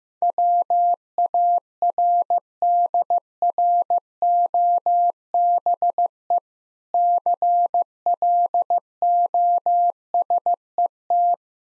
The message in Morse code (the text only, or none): WARDROBE CLOSET